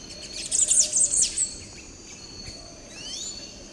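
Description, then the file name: Tanager song: a bright, rapid chattering burst of very high notes for about a second, then thin rising whistles, over a steady high insect hiss. "canto da pipira verde"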